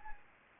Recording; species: mosquito wingbeat signal from an infrared sensor; Anopheles gambiae